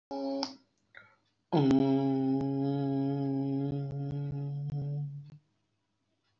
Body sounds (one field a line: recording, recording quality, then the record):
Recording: sustained vowel as in boot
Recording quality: excellent, no background noise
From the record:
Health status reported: respiratory illness, not identified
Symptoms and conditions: hypertension, diabetes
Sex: male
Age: 31 years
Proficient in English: yes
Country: India